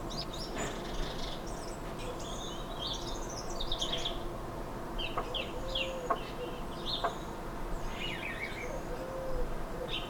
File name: Song Thrush